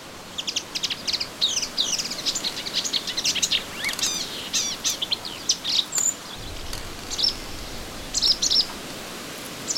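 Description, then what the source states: Melodious warbler song, a dense burst of rapid twittering and chattering that thins out into separate high chirps and whistles. Recorded in a garden on 25 June 2017.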